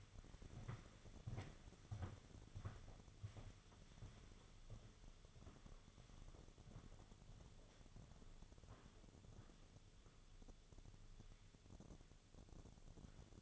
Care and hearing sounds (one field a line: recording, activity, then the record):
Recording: daily activity, microphone in the room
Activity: walk to room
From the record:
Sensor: 4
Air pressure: 1000.8 hPa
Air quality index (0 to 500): 116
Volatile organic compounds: 1 ppm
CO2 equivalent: 884 ppm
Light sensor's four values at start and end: 61/151/64/69 and 65/161/68/73